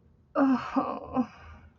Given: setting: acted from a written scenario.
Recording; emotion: vocal sound without words; embarrassment